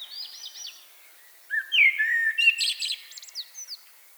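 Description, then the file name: Common blackbird: a soft high trill fades out, then a strong fluted whistle leads into jumbled high twittering notes. "Turdus merula"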